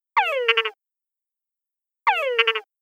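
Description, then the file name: Túngara frog calls, two descending whines each ending in a few quick chucks, repeated about two seconds apart with silence between. Túngara frogs calling in a city. "city tungara frogs"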